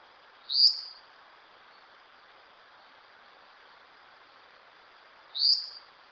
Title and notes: bico chato de orelha preta. Casa dos Pássaros